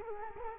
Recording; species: mosquito wingbeat signal from an infrared sensor; Culex quinquefasciatus